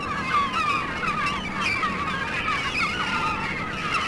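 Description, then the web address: Gulls squealing together, repeated rising and falling cries crowding over steady background noise. Gulls at the Staten Island Ferry. "sea gulls staten island ferry"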